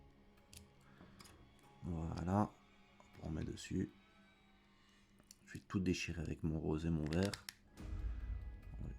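A plastic Dalprop Fold 5.1 folding FPV drone propeller is being handled and brought toward the motor hub while someone talks, with a few faint ticks and handling noises between phrases. The clip ends before the part goes on, so nothing has seated or clicked yet; when it does, it is a tight press fit rather than a true clip.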